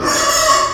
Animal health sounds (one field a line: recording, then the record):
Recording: squeal of a Yucatan mini pig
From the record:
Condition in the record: before surgery on the right vocal fold (resection and tissue-engineered implant)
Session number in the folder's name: 1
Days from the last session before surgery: -3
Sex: male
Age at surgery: 12 weeks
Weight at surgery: 13 kg